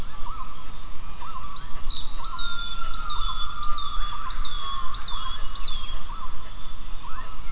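Gibbon calls: a series of repeated sliding notes, some held as longer tones, over steady background noise.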